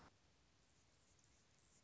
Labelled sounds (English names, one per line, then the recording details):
Anna's Hummingbird
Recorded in Sonoma County, California